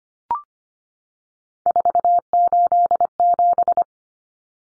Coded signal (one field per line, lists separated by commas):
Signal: Morse code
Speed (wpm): 25 wpm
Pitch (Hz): 700 Hz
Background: none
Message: 487